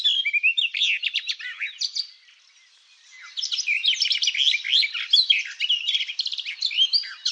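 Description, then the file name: Barred warbler singing a fast, scratchy warble of mixed chattering and whistled notes, breaking off for about a second, then resuming with a longer, busier warbling phrase. "JARZEBATKA"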